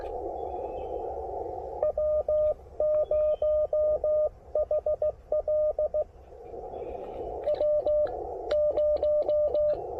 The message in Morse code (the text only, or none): W0HL W0